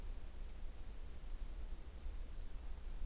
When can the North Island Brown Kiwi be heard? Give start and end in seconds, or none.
none